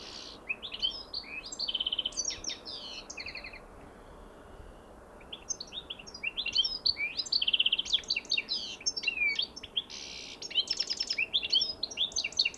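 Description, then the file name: European goldfinch calls, bright tinkling twittering notes in quick bursts with buzzy rattled trills, a brief pause, then renewed dense chatter. "Carduelis carduelis"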